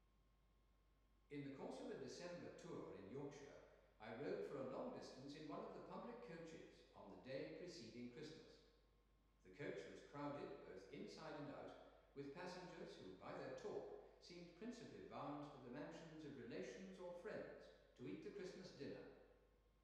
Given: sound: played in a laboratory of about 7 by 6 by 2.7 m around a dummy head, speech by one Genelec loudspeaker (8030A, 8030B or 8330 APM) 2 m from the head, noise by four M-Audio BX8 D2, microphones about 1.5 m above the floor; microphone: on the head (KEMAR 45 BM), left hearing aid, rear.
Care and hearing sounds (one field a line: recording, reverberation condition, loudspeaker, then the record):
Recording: male speech in English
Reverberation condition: high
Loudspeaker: in front (0 degrees)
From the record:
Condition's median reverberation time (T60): about 1300 ms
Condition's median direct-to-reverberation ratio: about -4.0 dB